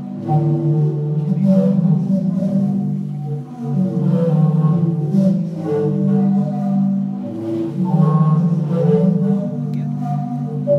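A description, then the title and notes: The sea organ sounds as a continuous chorus of low, sustained pipe-like tones, layered chords that shift slowly as waves push air through. Breathy swells rise every few seconds with brighter overtones, while a deep steady hum holds underneath, dense throughout. Sea Organ, Zadar, Croatia. By Mira Burt-Wintonick.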